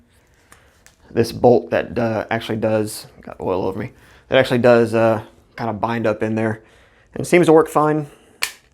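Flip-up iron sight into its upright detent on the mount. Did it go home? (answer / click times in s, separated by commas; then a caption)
yes / 8.4 s. Someone talks while handling a Feyachi 45-degree offset metal flip-up iron sight on a rifle rail, then flips it up at 8.4 s with a single sharp snap. The sight seats and locks upright in its detent on the mount.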